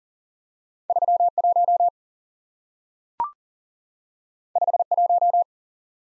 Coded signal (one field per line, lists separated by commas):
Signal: Morse code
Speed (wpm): 40 wpm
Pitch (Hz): 700 Hz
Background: none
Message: 31 51